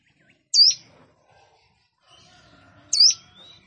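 Plain prinia calls: two sharp high looping notes well apart, in otherwise near silence.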